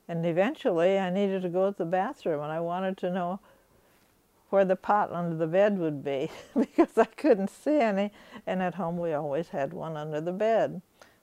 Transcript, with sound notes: And eventually I needed to go to the bathroom and I wanted to know where the pot under the bed would be (she laughs) because I couldn't see any and at home we always had one under the bed.